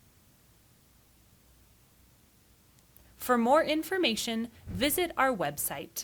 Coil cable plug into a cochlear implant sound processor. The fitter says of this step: Then, push your coil cable into the processing until it clicks.